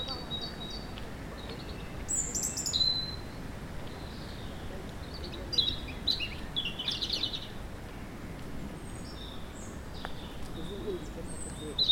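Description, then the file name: European robin song, fairly soft: brief high twittering and whistled fragments scattered throughout above a constant low rumble of background noise. "Erithacus rubecula"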